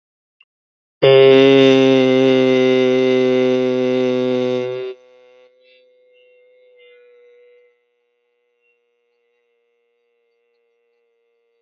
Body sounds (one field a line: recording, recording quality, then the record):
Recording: sustained vowel as in made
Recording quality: excellent, no background noise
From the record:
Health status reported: exposed to COVID-19, no respiratory illness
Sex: male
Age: 26 years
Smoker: yes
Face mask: not worn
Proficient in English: yes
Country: India